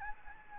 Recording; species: mosquito wingbeat signal from an infrared sensor; Anopheles gambiae